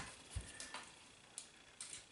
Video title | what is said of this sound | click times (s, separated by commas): Fixing Dodgy Control On Zoom 9030 | that down in there snaps in place and | 1.4 s